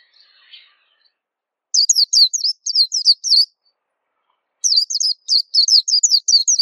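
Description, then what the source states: White-eye song: after a faint soft twitter, two bursts of fast, high, downslurred warbling notes. Local name pleci; described as a long, melodious song.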